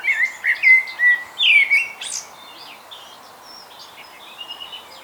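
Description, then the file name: Common blackbird song: a string of loud, mellow fluted notes for two seconds, ending in a scratchy high flourish, then quiet twittering. "Turdus merula"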